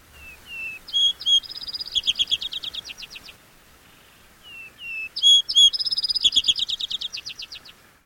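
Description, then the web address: Vesper sparrow song given twice: two soft, low slurred whistles, then higher sharp notes and a long, rapid series of trilled notes. "Thumbs Plus Zoo Field Guide"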